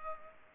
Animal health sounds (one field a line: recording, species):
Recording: mosquito wingbeat signal from an infrared sensor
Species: Culex pipiens